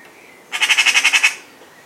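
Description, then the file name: Eurasian magpie uttering a short, harsh rattle of about eight rapid scratchy pulses, then quiet. "Pica pica"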